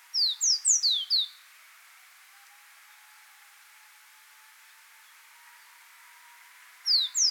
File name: Yemen Serin